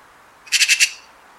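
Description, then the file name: Eurasian magpie uttering one quick, harsh rattle of four grating notes. "Pica pica"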